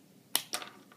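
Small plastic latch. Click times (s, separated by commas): 0.3 s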